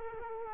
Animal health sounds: mosquito wingbeat signal from an infrared sensor; Culex quinquefasciatus

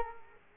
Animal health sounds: mosquito wingbeat signal from an infrared sensor; Culex quinquefasciatus

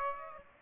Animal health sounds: mosquito wingbeat signal from an infrared sensor; Aedes aegypti

